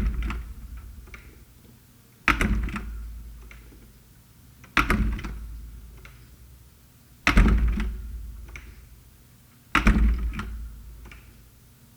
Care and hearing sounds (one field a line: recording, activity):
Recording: daily activity, guitar pickup as the sensor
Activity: manipulate door